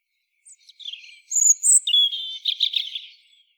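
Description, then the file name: European robin song phrase of high thin whistles and quick warbled twitters, shifting between very high and lower pitches in fast succession. "Erithacus rubecula"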